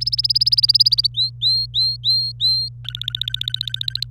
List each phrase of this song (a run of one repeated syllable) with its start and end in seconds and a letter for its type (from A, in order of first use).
0.01-1.07 A, 1.14-2.69 B, 2.85-4.03 C